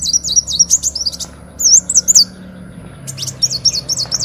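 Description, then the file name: Leafbird giving fast, high, slurred whistles in short bursts, with brief pauses between the phrases. "Tieng chim xanh tim"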